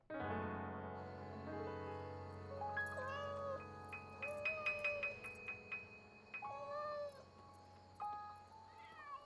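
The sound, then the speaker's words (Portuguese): A cat on a rooftop meows several times, drawn-out, wavering cries rising and falling in pitch, heard over a steady, humming musical drone with some brief rhythmic tapping in between. “Ah, aquele gato de novo.”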